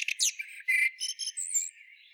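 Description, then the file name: Eurasian blackbird song: a short burst of mellow whistled notes mixed with thin, high squeaky twitters. "Turdus merula"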